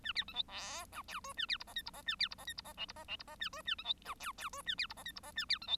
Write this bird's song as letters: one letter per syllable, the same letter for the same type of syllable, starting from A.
A B C D E F G H A B I J K I J A B I J K I J L I J L I J A H A C D F G G H A B I J K I J A B C D